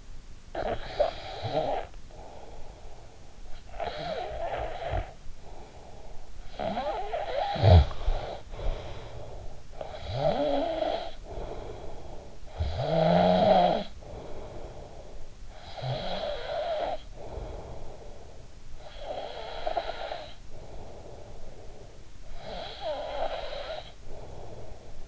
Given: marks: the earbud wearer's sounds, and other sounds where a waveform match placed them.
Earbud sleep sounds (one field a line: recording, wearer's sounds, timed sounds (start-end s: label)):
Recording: sounds in sleep by an in-ear microphone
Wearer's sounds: snoring breath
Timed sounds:
0.00-3.28 s: snoring breath
3.48-15.40 s: snoring breath
15.54-25.08 s: snoring breath